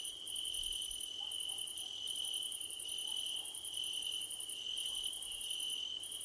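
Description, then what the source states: Cricket chorus: rapid pulsed chirp bursts repeating roughly once a second, layered over a constant shrill insect drone. Crickets calling at night under a starlit sky.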